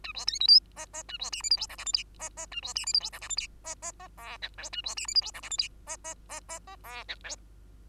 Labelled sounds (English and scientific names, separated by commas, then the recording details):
Bengalese Finch (Lonchura striata domestica) song
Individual Bird2